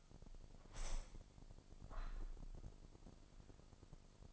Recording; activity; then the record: daily activity, microphone in the room; open window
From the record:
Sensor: 5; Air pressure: 1004.7 hPa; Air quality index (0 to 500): 81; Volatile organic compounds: 1 ppm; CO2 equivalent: 966 ppm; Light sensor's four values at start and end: 33/78/31/30 and 34/79/31/31